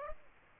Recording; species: mosquito wingbeat signal from an infrared sensor; Aedes aegypti